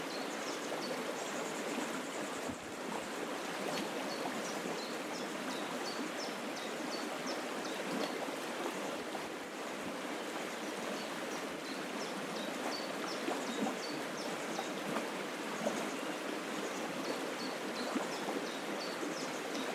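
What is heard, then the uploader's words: A gentle stream bubbles steadily throughout, its dense, even rush filling the low and middle range without pause. High, bright bird chirps fall repeatedly across the whole clip, scattered short notes and little runs, busiest in the first few seconds and again near the end. Sound Escape 21: the song of the River Dove in the Peak District. Sit on the banks of this gentle bubbling stream with delightful birdsong raining down.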